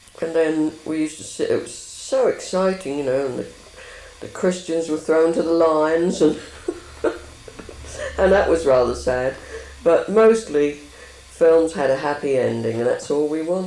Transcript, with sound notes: and then we used to sit-- it was so exciting you know. The Christians were thrown to the lions. And [laughs] and that was rather sad. But mostly films had a happy ending. And that's all we wanted.